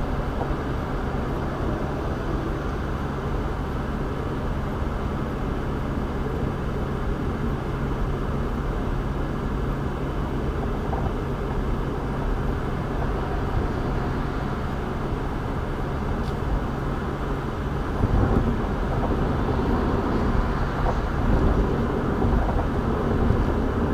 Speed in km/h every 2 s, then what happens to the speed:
87, 85, 85, 85, 87, 87, 87, 87, 87, 87, 89, 90.
0-24 steady at about 87.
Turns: none.